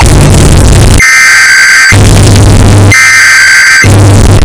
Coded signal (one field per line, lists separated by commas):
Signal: Emergency Alert System (SAME) tones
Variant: header bursts